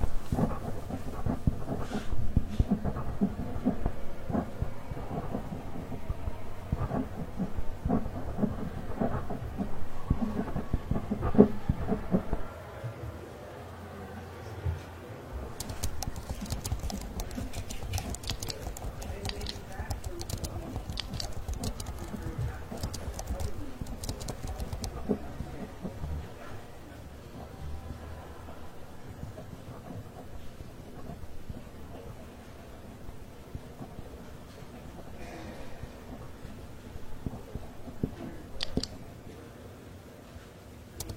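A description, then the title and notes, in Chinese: Library ambience with a constant low murmur and hum under a dense scatter of small clicks and taps, like typing and pen strokes. A heavier rumble fades near 12 seconds, brighter rustling like turning pages fills 15 to 25 seconds, then occasional sharp ticks. 公共图书馆沉浸式学习 图书馆环境音 打字声 写字翻书。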